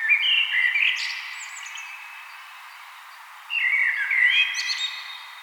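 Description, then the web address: Common blackbird delivering two flowing, whistled song phrases with high twittered endings, separated by a pause. "SETE Turdus merula"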